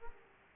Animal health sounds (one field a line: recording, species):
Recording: mosquito wingbeat signal from an infrared sensor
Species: Aedes aegypti